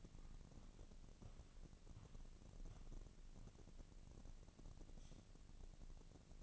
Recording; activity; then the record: daily activity, microphone in the room; walk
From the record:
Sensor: 4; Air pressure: 1013.0 hPa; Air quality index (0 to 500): 175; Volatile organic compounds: 2 ppm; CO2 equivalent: 1106 ppm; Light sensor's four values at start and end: 61/150/64/67 and 61/149/63/67